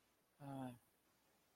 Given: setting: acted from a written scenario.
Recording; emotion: vocal sound without words; sadness